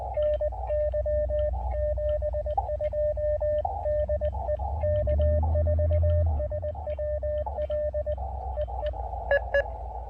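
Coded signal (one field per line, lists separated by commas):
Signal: Morse code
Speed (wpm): 20 wpm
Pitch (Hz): 590 Hz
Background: radio noise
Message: NY 72 DE K4SWL EE EE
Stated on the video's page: QRP Parks on the Air activation using an Elecraft KX2 and Chelegance MC-750 antenna.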